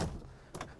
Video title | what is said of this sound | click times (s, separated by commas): Lets Roll: 2023 Thor Motor Coach RIZE 18A on Everyman RV | Close that, locks in place for me. | 0.6 s